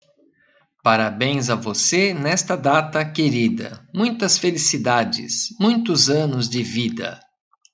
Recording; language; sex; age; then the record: short text; Brazilian Portuguese; male; 50 to 59 years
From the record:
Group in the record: control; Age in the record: 55 years